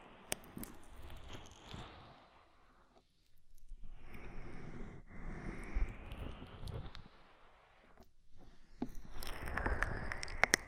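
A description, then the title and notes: Ear massage with oil and foam: dense wet squishing and crackling rubs in bursts, with a near-silent gap around three seconds and sharp ticks. ASMR Oil, Foam and Tingly Ear Massage.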